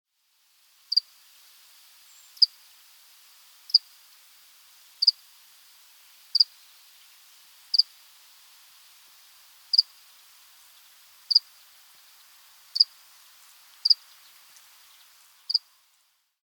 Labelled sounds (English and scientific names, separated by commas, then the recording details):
House Cricket (Acheta domesticus)
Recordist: Tembrock, Günter
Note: Stridulationsgeräusche